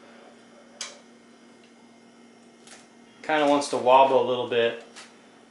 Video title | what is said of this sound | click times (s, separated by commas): Godox AD360 Bare Bulb Flash Unboxing & Review | slides right in feel it click in | 0.8 s